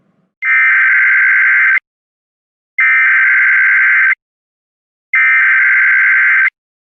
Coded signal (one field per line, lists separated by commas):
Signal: Emergency Alert System (SAME) tones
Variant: header bursts